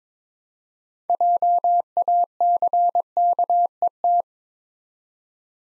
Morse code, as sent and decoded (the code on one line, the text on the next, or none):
.--- .- -.-. -.- . -
JACKET